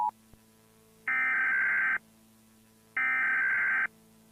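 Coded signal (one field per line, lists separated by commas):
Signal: Emergency Alert System (SAME) tones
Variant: header bursts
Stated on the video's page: Fictional tsunami alert; simulated, not a real event.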